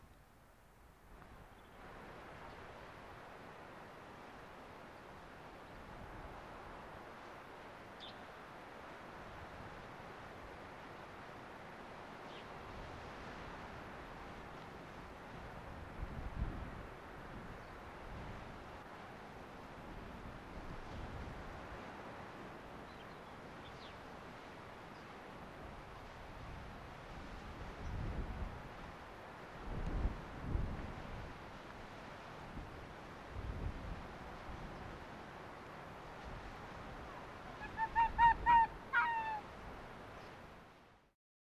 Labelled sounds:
Arctic Fox
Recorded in the wild
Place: Insel Mednyi, Kommandeur-Inseln, RU
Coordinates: 54.5167, 168.083
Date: 1999-07-05 19:53
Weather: Nebel, 8°C
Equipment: Sony WM-D6C, Sennheiser ME 80, K 30 AV, Filter, Windkorb, Kopie Tascam DA 30
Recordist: Jakupi, Antje
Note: Südosten der Insel, Geröllfeld: zwei Bellstrophen von einem nicht identifizierten Tier auf Grat über Geröllfeld. Gute Qualität

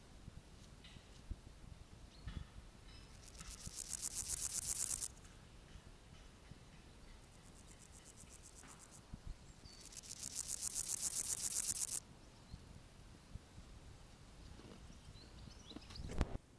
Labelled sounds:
Steppe Grasshopper stridulation
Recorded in the wild
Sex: male
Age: imago
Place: Summt, Grundstück, Brandenburg, DE
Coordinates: 52.6931, 13.3619
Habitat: Garten, Wiese
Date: 1971-07-24 15:00
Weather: diesig, gewittrig, 30°C
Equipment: Uher 4000 Report-Monitor, Sennheiser MD 421
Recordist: Tembrock, Günter

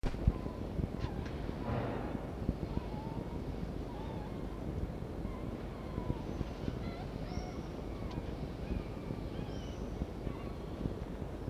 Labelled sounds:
Red Fox
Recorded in captivity
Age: juvenile
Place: Zoologisches Institut der HUB, Berlin, DE
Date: 1952-05-15 11:10
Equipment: Elmetra
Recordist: Tembrock, Günter

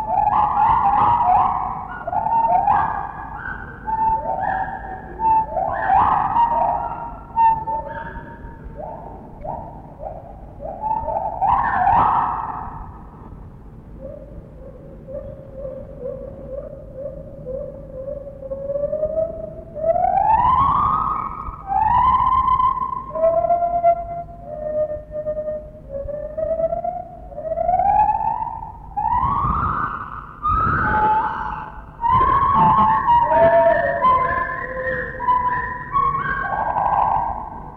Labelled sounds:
Lar Gibbon
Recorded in captivity
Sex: pair
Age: adult
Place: Zoo Berlin, Berlin, DE
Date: 1960-10-15 12:00
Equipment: Minifon, Kopie Smaragd
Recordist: Tembrock, Günter

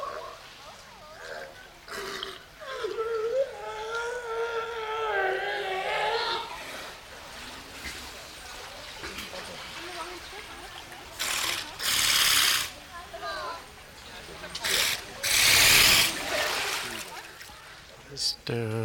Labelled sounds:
California Sea Lion
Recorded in captivity
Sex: male
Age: adult
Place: Münchner Tierpark Hellabrunn, Bayern, DE
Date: 1993-09-20 15:26
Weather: 19 °C, heiter
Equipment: Marantz CP 430, Sennheiser MKH 416 T, Kopie Uher Variocord 263
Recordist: Tembrock, Günter

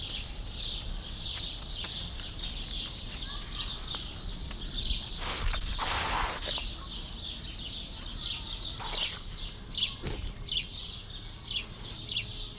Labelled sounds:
White-lipped Peccary
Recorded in captivity
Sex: female
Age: adult
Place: Zoo Berlin, Berlin, DE
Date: 1992-06-20 11:20
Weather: wolkig-heiter, 20-24°C
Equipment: Marantz CP 430, Sennheiser ME 80, Kopie Tesla B 116
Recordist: Tembrock, Günter

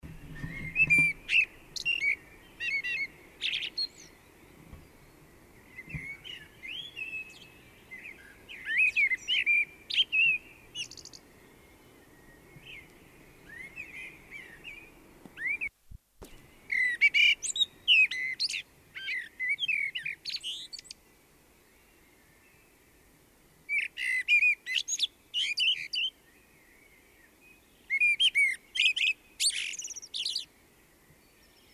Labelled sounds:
Common Blackbird song
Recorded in the wild
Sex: male
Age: adult
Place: Garmisch-Partenkirchen, Bayern, DE
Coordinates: 47.4936, 11.0775
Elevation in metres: 707
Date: 1968-04-21 04:30
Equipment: Nagra
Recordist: Tretzel, Erwin

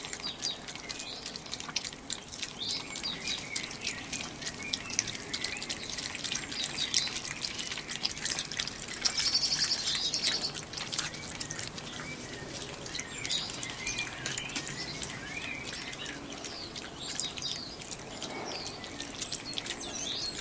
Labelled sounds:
Sand Fox
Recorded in captivity
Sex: diverse
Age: diverse
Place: Zoo Halle, Sachsen-Anhalt, DE
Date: 1983-04-09 17:41
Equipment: Nagra SN, Kopie Uher 4000 Report Monitor
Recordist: Tembrock, Günter

